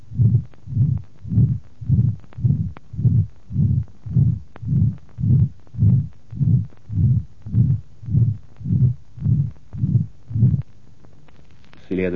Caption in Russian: Звуковой картины на аорте при сужении аортального отверстия. Выслушивается грубый систолический шум. Второй тон ослаблен или отсутствует.